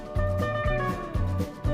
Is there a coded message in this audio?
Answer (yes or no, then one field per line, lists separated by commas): no